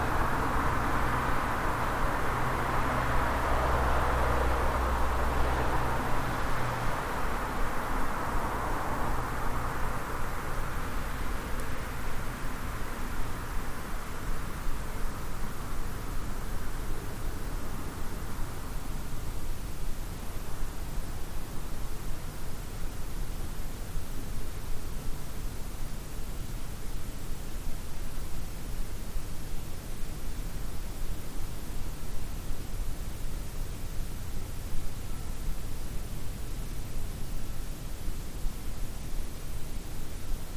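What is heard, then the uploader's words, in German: Quiet night air in a forest holds a steady soft hiss, while a low droning rumble, like a vehicle, fades away within twenty seconds. Ruhe im Wald: Entspannende Geräusche der Nacht.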